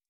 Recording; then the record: hydrophone in a shrimp aquaculture tank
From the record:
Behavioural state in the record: stressed